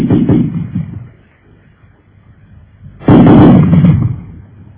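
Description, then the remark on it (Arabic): Gunfire and artillery blasts come in two heavy, rumbling bursts, each lasting about a second, with a low, quieter lull between them and no voices. “رصاص نازل وبلدي بتبني في الكباري، بتعلي في الجسور.”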